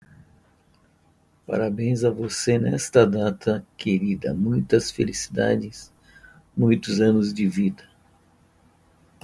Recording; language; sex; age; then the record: short text; Brazilian Portuguese; male; 60 to 69 years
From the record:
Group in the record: control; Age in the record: 63 years